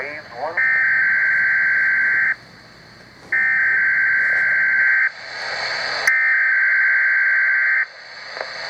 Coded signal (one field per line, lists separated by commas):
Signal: Emergency Alert System (SAME) tones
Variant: header bursts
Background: speech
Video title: 8/10/2016 | Archived RWT [EAS #271]